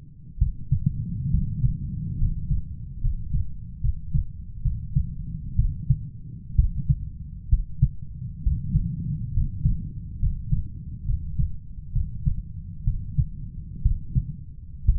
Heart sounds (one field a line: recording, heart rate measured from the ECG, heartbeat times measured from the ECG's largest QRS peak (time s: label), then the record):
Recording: heart sounds by stethoscope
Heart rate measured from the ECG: 66 bpm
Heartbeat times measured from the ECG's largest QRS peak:
0.38 s: heartbeat
1.30 s: heartbeat
2.17 s: heartbeat
3.00 s: heartbeat
3.80 s: heartbeat
4.62 s: heartbeat
5.55 s: heartbeat
6.55 s: heartbeat
7.49 s: heartbeat
8.42 s: heartbeat
9.33 s: heartbeat
10.19 s: heartbeat
11.05 s: heartbeat
11.92 s: heartbeat
12.84 s: heartbeat
13.82 s: heartbeat
14.85 s: heartbeat
From the record:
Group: healthy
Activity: rest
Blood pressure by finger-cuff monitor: 120/70 mmHg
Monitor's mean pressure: 85 mmHg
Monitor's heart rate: 66 bpm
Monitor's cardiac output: 7.4 L/min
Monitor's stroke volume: 112 mL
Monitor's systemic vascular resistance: 850 dyn s/cm5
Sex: male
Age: 23 years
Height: 178 cm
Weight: 96.6 kg